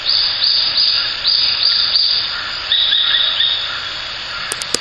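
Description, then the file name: Japanese sparrowhawk repeating thin, high, slightly downslurred notes in a quick series, with a continuous hissing background and a couple of sharp clicks at the end. "ツミ 1505311608 遠藤"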